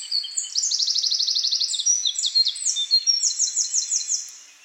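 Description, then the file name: Eurasian wren song: a loud, rapid outpouring of high, sharp notes and fast rattling trills, packed tightly together for about four seconds before fading. "Troglodytes troglodytes"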